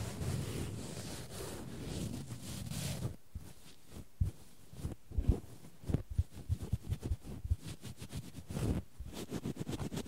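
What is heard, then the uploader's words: Cotton rustles thickly for three seconds, then tweezers give quick, irregular crisp taps and snips, some in rapid bursts, until the end. ASMR No Talking Extreme Cotton and Tweezers Tingles!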